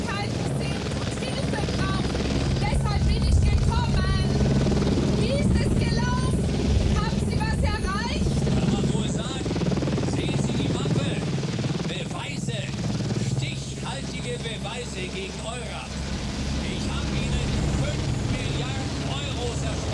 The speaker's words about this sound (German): Der Hubschrauber stand direkt über uns. So tief, dass man ihn fast mit Händen greifen konnte.